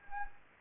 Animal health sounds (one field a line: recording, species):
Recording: mosquito wingbeat signal from an infrared sensor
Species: Anopheles gambiae